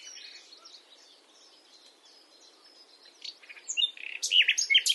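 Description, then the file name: Common nightingale song: a quiet stretch of chirps, then loud rich phrases with sweeping whistles and rapid notes toward the end, over a steady background hiss. "Luscinia megarhynchos"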